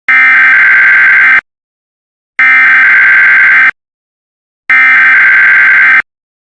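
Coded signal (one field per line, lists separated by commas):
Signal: Emergency Alert System (SAME) tones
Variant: header bursts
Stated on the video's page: Fictional mock "Angry EAS" alert.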